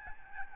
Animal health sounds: mosquito wingbeat signal from an infrared sensor; Aedes albopictus

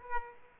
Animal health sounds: mosquito wingbeat signal from an infrared sensor; Aedes aegypti

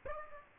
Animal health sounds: mosquito wingbeat signal from an infrared sensor; Aedes aegypti

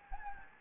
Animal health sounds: mosquito wingbeat signal from an infrared sensor; Anopheles gambiae

